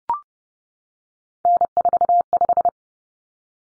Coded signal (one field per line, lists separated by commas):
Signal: Morse code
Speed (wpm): 30 wpm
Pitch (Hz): 700 Hz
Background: none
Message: N45